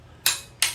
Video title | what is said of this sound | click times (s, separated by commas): B20 Vtec Bottom End Asembly YCP Speedfactory parts | oh you can hear the click is louder now | 0.3 s, 0.6 s